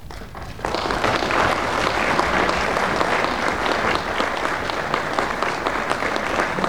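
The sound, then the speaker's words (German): Sustained applause from an audience for a 14-minute radio play written by Friederike Mayröcker with Ernst Jandl begins abruptly after a brief quiet moment, a dense, steady wash of many hands clapping at an even loudness throughout. “Die Hörspielgeschichte von Friederike Mayröcker beginnt mit einem Applaus.”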